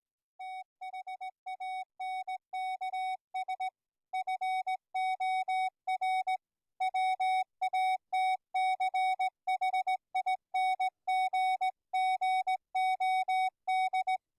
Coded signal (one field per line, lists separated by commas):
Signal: Morse code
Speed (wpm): 17 wpm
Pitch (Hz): 750 Hz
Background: music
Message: THANKS FOR WATCHING GOD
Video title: FRS & GMRS Radios - Privacy Tones and Codes are not Private or Secure